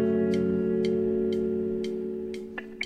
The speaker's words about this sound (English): So that's why I turn the metronome off every time I play with you, because the metronome doesn't match up with your feeling of your tempo you're playing.